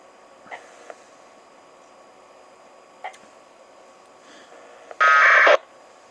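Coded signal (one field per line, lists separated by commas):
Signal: packet radio (AX.25, as in APRS)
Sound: radio hiss with a few clicks, then one short harsh warbling data burst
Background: radio static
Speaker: transmit there we go you can hear the receives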